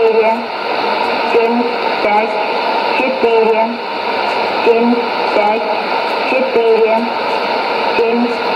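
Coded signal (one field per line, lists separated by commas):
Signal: numbers station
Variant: S06s Russian Lady, Russian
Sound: a woman's voice reading short spaced words, likely Russian numbers, through hissy shortwave static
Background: radio static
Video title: 21 03 2017 Numbers station S06s Russian Lady in Russian to Eu 1100 on 6190 in CUSB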